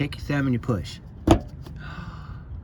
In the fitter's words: well that one didn't really snap that one just you heard Fender noise